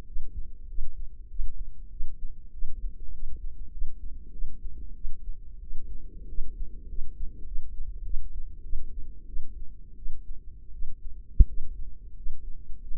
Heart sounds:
heart sounds by microphone in the left ear; 94 bpm
0.06 s: heartbeat
0.68 s: heartbeat
1.28 s: heartbeat
1.90 s: heartbeat
2.51 s: heartbeat
3.12 s: heartbeat
3.71 s: heartbeat
4.31 s: heartbeat
4.94 s: heartbeat
5.60 s: heartbeat
6.27 s: heartbeat
6.87 s: heartbeat
7.45 s: heartbeat
8.03 s: heartbeat
8.63 s: heartbeat
9.26 s: heartbeat
9.96 s: heartbeat
10.72 s: heartbeat
11.46 s: heartbeat
12.15 s: heartbeat
12.80 s: heartbeat
From the record:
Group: healthy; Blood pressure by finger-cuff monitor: 102/60 mmHg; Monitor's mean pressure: 73 mmHg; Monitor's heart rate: 97 bpm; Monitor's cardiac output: 8.2 L/min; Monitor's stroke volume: 84 mL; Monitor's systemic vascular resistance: 640 dyn s/cm5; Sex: female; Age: 22 years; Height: 157 cm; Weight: 47.6 kg

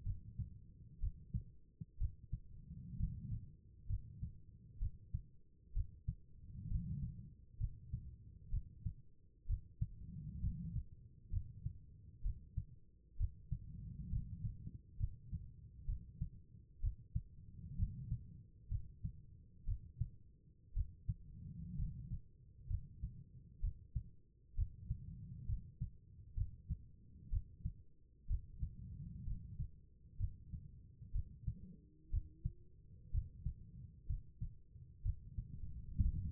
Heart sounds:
heart sounds by stethoscope; 63 bpm
0.03 s: heartbeat
1.00 s: heartbeat
1.98 s: heartbeat
2.97 s: heartbeat
3.87 s: heartbeat
4.79 s: heartbeat
5.73 s: heartbeat
6.68 s: heartbeat
7.57 s: heartbeat
8.50 s: heartbeat
9.46 s: heartbeat
10.40 s: heartbeat
11.30 s: heartbeat
12.22 s: heartbeat
13.17 s: heartbeat
14.09 s: heartbeat
14.97 s: heartbeat
15.85 s: heartbeat
16.80 s: heartbeat
17.76 s: heartbeat
18.68 s: heartbeat
19.65 s: heartbeat
20.73 s: heartbeat
21.76 s: heartbeat
22.67 s: heartbeat
23.60 s: heartbeat
24.55 s: heartbeat
25.46 s: heartbeat
26.34 s: heartbeat
27.30 s: heartbeat
28.27 s: heartbeat
29.24 s: heartbeat
30.17 s: heartbeat
31.12 s: heartbeat
32.10 s: heartbeat
33.11 s: heartbeat
34.06 s: heartbeat
35.02 s: heartbeat
36.01 s: heartbeat
From the record:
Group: healthy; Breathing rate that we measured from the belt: 16 breaths a minute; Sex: female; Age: 36 years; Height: 163 cm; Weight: 88 kg

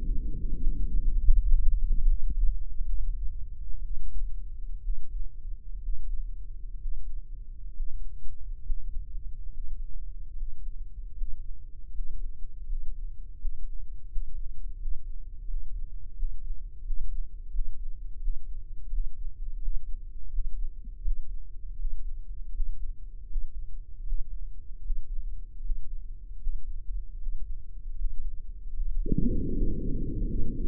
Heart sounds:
heart sounds by microphone in the right ear; 77 bpm
0.55 s: heartbeat
1.30 s: heartbeat
2.04 s: heartbeat
2.84 s: heartbeat
3.80 s: heartbeat
4.79 s: heartbeat
5.79 s: heartbeat
6.75 s: heartbeat
7.69 s: heartbeat
8.59 s: heartbeat
9.46 s: heartbeat
10.30 s: heartbeat
11.10 s: heartbeat
11.87 s: heartbeat
12.62 s: heartbeat
13.34 s: heartbeat
14.05 s: heartbeat
14.75 s: heartbeat
15.43 s: heartbeat
16.12 s: heartbeat
16.80 s: heartbeat
17.48 s: heartbeat
18.17 s: heartbeat
18.88 s: heartbeat
19.58 s: heartbeat
20.28 s: heartbeat
21.00 s: heartbeat
21.75 s: heartbeat
22.50 s: heartbeat
23.25 s: heartbeat
24.02 s: heartbeat
24.80 s: heartbeat
25.59 s: heartbeat
26.37 s: heartbeat
27.16 s: heartbeat
27.94 s: heartbeat
28.73 s: heartbeat
29.50 s: heartbeat
30.25 s: heartbeat
From the record:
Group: healthy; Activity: breath hold 0-28 s, rest 28-31 s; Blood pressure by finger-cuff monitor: 116/76 mmHg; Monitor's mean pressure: 86 mmHg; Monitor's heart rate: 77 bpm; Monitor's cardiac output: 7.3 L/min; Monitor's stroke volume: 93 mL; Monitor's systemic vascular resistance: 850 dyn s/cm5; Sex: male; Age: 23 years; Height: 178 cm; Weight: 96.6 kg

